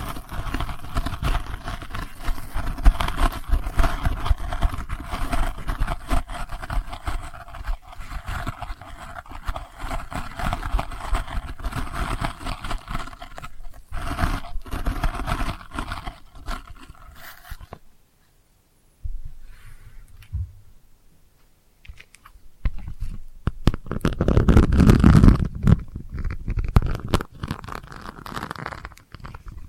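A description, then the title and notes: Delicate scratching runs as a dense, uneven scraping for the first eighteen seconds, full of fine brittle detail. It stops abruptly, leaving about a second of silence, then returns in sparser bursts with low rumbling thuds around twenty-five seconds. ASMR Delicate Scratching for Sleep (No Talking).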